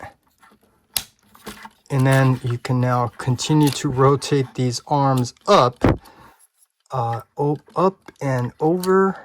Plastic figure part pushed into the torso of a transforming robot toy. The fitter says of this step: After you folded up the arms, you need to push this in all the way till you hear that snap.